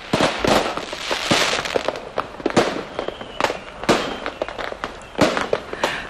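Repeated sharp bangs and crackles of New Year's Eve fireworks going off in quick, irregular succession, some louder pops standing out over a continuous sizzling, crackling background.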